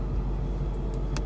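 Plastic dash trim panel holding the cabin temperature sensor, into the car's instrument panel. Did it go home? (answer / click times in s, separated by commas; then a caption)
yes / 1.2 s. A plastic dash trim panel, which holds the newly screwed-in interior ambient temperature sensor, is fitted top edge first into a 2012 Mustang GT instrument panel and then pushed in at the bottom. Low, steady rumble runs throughout, and the panel snaps into place with a sharp click at 1.2 s.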